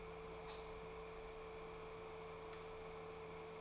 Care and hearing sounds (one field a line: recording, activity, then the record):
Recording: daily activity, microphone in the room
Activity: light on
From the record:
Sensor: 1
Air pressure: 1014.8 hPa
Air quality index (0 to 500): 186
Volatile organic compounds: 18 ppm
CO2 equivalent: 2636 ppm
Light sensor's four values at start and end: 35/87/37/45 and 38/102/42/50